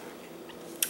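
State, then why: Seated. A plastic part of a juicer, likely the pulp container, is fitted onto the juicer body. Faint low handling noise runs until one sharp, bright click at 0.8 s as the part locks into place on the machine. No one talks.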